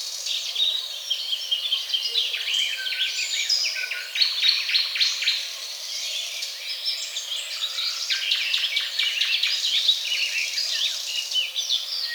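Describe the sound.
Birds chirping in a busy chorus of quick, high tweets and short trills, overlapping throughout.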